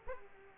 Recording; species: mosquito wingbeat signal from an infrared sensor; Culex quinquefasciatus